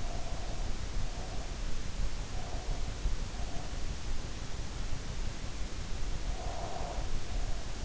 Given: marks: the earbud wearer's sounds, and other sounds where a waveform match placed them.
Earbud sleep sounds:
sounds in sleep by an in-ear microphone; breath
0.00-1.68 s: breath
2.27-3.96 s: breath
6.20-7.85 s: breath

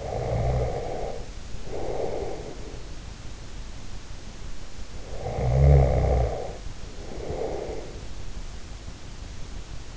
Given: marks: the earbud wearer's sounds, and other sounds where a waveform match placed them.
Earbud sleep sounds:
sounds in sleep by an in-ear microphone; breath, snoring breath
0.00-2.88 s: breath
5.11-8.22 s: snoring breath

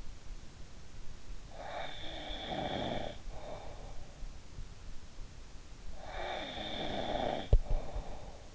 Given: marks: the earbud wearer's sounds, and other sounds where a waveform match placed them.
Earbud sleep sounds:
sounds in sleep by an in-ear microphone; snoring breath
1.02-4.17 s: snoring breath
6.06-8.55 s: snoring breath

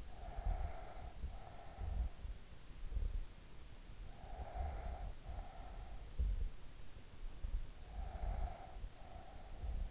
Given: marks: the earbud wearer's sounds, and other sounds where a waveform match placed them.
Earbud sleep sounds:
sounds in sleep by an in-ear microphone; breath
0.00-2.26 s: breath
4.13-6.15 s: breath
7.85-9.87 s: breath

